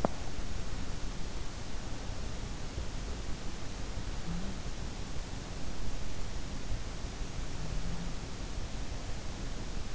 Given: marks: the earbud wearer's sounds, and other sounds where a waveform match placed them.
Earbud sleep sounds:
sounds in sleep by an in-ear microphone; teeth grinding
0.00-0.39 s: teeth grinding

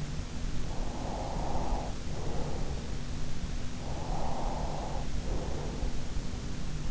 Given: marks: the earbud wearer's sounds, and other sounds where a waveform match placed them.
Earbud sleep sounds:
sounds in sleep by an in-ear microphone; breath
0.77-2.77 s: breath
3.72-5.90 s: breath

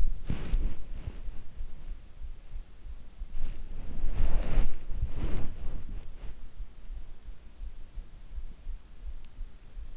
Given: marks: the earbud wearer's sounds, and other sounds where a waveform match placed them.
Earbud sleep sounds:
sounds in sleep by an in-ear microphone; body movement
0.00-1.82 s: body movement
3.60-6.77 s: body movement

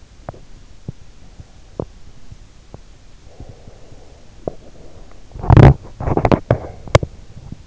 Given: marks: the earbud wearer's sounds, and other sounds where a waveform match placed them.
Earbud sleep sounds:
sounds in sleep by an in-ear microphone; teeth grinding, breath
0.22-3.06 s: teeth grinding
3.22-5.30 s: breath
5.42-7.67 s: teeth grinding

